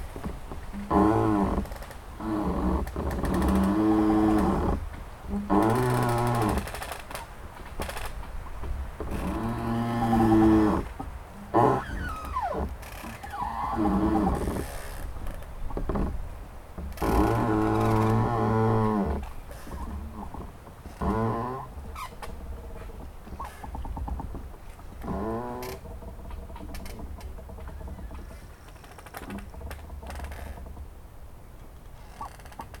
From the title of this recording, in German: Knarrende Bäume im Wind